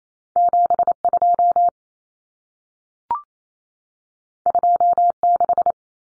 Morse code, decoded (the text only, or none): 72 26